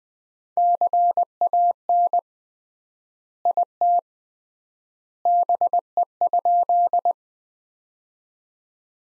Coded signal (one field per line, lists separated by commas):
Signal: Morse code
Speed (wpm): 20 wpm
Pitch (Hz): 700 Hz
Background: none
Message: CAN IT BE?